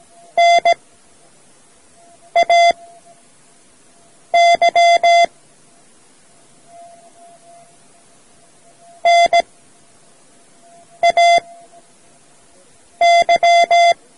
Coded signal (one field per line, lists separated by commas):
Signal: Morse code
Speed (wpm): 17 wpm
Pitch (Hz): 690 Hz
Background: none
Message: NAY NAY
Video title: Learning Morse Code: Part-I from Amateur Radio Society of India's audio cassette